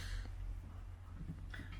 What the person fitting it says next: He's not clicked in fully.